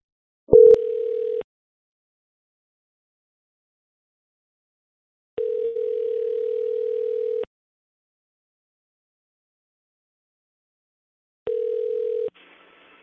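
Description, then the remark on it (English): A call back to a number, probably a landline: a steady mid-pitched telephone tone sounds in three separate bursts, each one to two seconds long, with long silent gaps between them, like a call ringing out on the line. “probably a landline also. Let's give a call back.”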